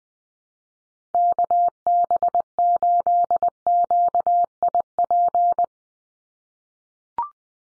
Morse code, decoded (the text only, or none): KB8QIP